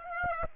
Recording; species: mosquito wingbeat signal from an infrared sensor; Aedes aegypti